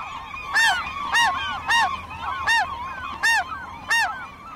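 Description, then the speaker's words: Gulls calling: six loud, ringing yelps in quick succession, with quieter overlapping cries in between. Frenzied calls of gulls competing for food, drawing other gulls off their flight line to join; the cries act like dinner bells to other gulls. "I could hear the frenzy in their calls as they competed for the food, and so apparently could other gulls, who detoured from their flight line to join the melee."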